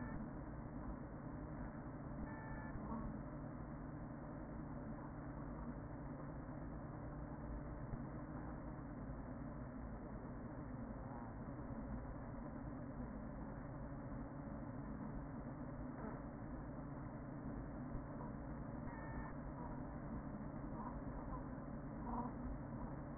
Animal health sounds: honeybee colony, microphone inside the hive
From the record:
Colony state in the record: queen present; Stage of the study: after two queens were removed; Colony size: about 40,000 bees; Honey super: no

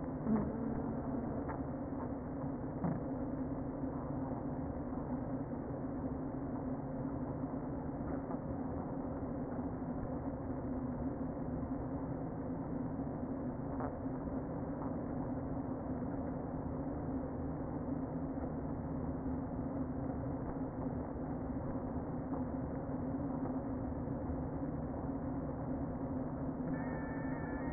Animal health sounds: honeybee colony, microphone inside the hive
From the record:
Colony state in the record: queen present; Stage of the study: before two queens were removed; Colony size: about 60,000 bees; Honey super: yes

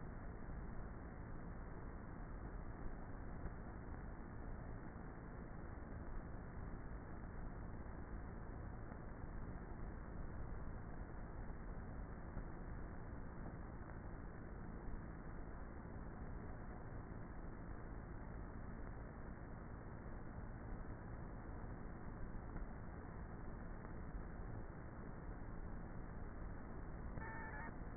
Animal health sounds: honeybee colony, microphone inside the hive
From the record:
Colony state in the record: queenless with a low population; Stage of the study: before two queens were removed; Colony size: about 30,000 bees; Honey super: no

